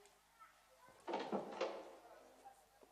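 A door at the top of a stairwell is opened by a large man in a dark suit after the doorbell is rung, with a short burst of rattling, creaking noise that lasts under a second before fading into a quiet background hum.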